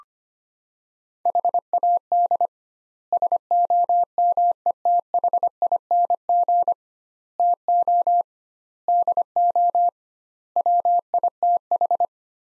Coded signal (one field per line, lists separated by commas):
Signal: Morse code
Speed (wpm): 25 wpm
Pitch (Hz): 700 Hz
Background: none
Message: HAD SOMETHING TO DO WITH